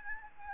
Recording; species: mosquito wingbeat signal from an infrared sensor; Aedes albopictus